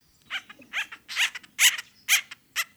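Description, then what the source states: Acorn woodpecker calls: a series of about six harsh, nasal, squawking notes, roughly two per second and varying in loudness. Recorded in Minnesota.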